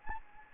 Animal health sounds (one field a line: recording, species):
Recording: mosquito wingbeat signal from an infrared sensor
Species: Anopheles gambiae